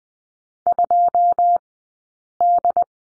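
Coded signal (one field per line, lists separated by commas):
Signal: Morse code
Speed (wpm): 20 wpm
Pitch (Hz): 700 Hz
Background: none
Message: 2D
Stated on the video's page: Morse course lesson on number 5 at Farnsworth speed 20/10 wpm.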